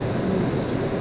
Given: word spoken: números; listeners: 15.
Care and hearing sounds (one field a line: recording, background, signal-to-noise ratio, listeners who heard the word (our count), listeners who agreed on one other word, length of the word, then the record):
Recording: one Spanish word in noise, from a listening test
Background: speech-shaped noise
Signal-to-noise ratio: -5.1 dB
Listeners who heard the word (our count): 0 of 15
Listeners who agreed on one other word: 6 of 15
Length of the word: 0.62 s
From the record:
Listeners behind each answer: 6, 2, 1, 1, 1, 1, 1, 1, 1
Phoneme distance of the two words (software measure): 34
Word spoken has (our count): 3 syllables, 7 phonemes, stress on syllable 1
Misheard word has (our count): 2 syllables, 5 phonemes, stress on syllable 1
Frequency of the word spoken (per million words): 37.15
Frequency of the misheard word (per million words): 199.58